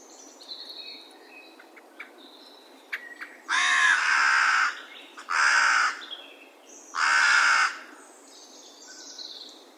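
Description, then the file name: Carrion crow cawing three times, each call harsh, broad and raspy, spaced just under two seconds apart, with small birds chirping faintly around them. "Corvus corone"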